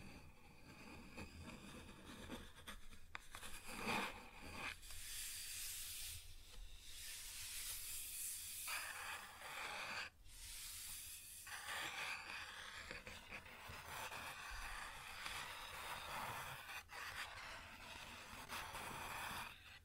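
Scratching and rubbing on a wooden surface, in long bright strokes that come in bursts around 3–5, 6–9 and 10–19 seconds. Short hard taps punctuate the scratches now and then, and a low steady hum sits beneath throughout.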